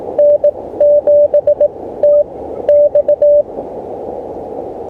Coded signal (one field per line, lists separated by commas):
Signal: Morse code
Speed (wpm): 18 wpm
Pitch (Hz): 590 Hz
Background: radio noise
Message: N7TX